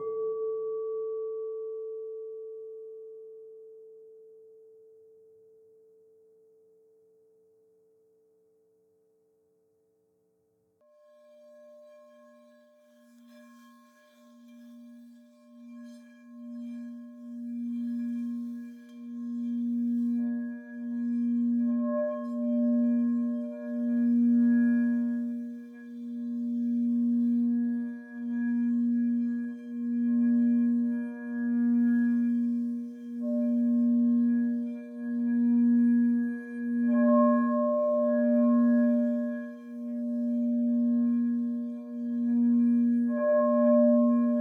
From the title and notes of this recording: Healing sound therapy (Sound Bath) using crystal singing bowls.